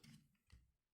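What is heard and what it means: Plastic cockpit cubby part being handled on a 1:35 scale ArcheCore Arc02 Archie-Ymirus Type-03 AY-03F Frost Light transforming mech action figure body. Short plastic handling ticks are heard, with a brief burst near the start and another around 0.5 s. Nothing has seated or clicked into place yet.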